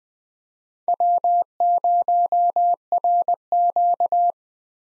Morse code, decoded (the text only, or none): W0RQ